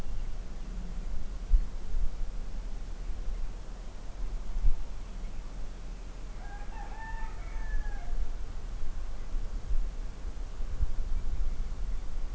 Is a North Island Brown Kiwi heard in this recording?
no